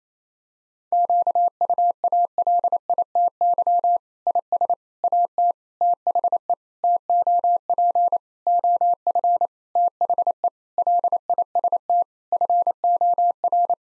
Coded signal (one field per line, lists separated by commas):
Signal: Morse code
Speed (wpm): 28 wpm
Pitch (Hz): 700 Hz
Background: none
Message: QUALITY IS AT THE TOP OF THE LIST FOR